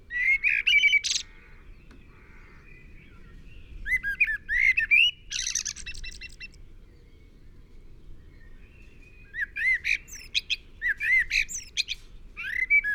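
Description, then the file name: Common blackbird delivering several song phrases: fluty low whistles followed by shrill twittering bursts, separated by silent gaps, faint low hum beneath. "Turdus merula"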